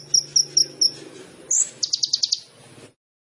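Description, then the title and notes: Sunbird song: four high separate chips, then a sharp upslurred note and a short burst of rapid high notes, over a low background hum. Indonesian masteran training recording for songbirds; song with fills (isian) and shots (tembakan), described as gacor and suited as a lure (pancingan). "MASTERAN KOLIBRI NINJA FULL ISIAN DAN TEMBAKAN COCOK BUAT PANCINGAN. Suara Burung Kolibri Ninja Gacor"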